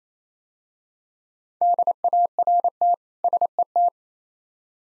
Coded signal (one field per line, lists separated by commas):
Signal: Morse code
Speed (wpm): 28 wpm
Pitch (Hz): 700 Hz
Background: none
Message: DART SET